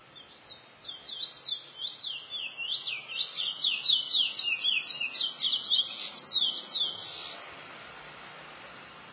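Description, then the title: Chestnut-bellied seed finch singing a long rippling phrase of quick whistled slurs that rises in strength midway and fades after about seven seconds, with faint background hiss. "Canto De Curio"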